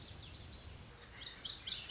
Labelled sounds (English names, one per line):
Lazuli Bunting